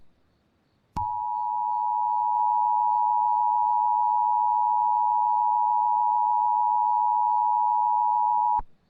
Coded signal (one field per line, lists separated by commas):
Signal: Emergency Alert System (SAME) tones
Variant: 853 and 960 Hz attention tone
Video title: STATE OF EMERGENCY!! "ALIEN INVASION ALERT" #alien #invasion #emergency